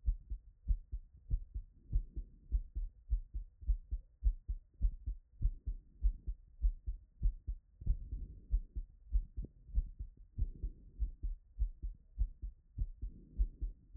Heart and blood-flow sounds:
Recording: heart sounds by stethoscope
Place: Erb's point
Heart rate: 96 bpm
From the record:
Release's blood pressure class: elevated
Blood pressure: 128/62 mmHg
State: after exercise

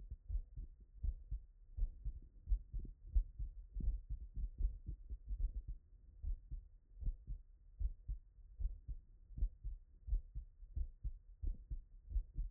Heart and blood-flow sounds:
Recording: heart sounds by stethoscope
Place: Erb's point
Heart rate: 81 bpm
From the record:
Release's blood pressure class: elevated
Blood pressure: 123/50 mmHg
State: after exercise

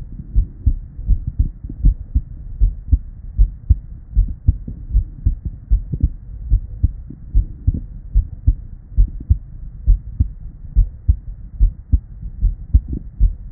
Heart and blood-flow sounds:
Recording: heart sounds by stethoscope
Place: Erb's point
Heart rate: 75 bpm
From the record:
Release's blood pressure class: normal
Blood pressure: 100/62 mmHg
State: at rest

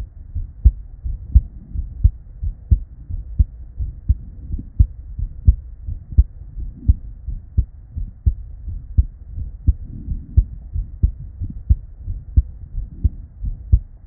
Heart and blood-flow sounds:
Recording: heart sounds by stethoscope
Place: Erb's point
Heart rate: 83 bpm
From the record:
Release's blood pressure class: normal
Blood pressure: 113/68 mmHg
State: at rest

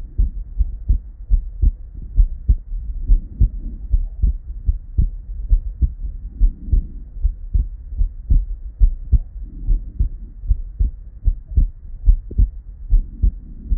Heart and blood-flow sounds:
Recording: heart sounds by stethoscope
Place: Erb's point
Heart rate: 75 bpm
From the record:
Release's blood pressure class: normal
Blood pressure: 94/62 mmHg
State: at rest

